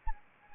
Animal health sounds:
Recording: mosquito wingbeat signal from an infrared sensor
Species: Anopheles arabiensis

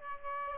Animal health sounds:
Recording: mosquito wingbeat signal from an infrared sensor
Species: Aedes aegypti

